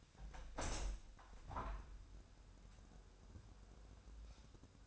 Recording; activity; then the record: daily activity, microphone in the room; open window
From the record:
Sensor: 2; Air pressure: 1006.4 hPa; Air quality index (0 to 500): 194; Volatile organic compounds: 12 ppm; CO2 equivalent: 2373 ppm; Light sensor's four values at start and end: 8/20/8/8 and 8/21/8/9